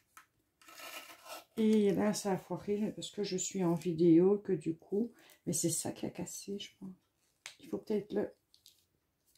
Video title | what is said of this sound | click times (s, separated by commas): Ma première série de Caps d'après l'idée de Tadoune | clipser. Ah, voilà. Je ne l'avais pas clipsé comme il fallait. | 8.5 s, 8.7 s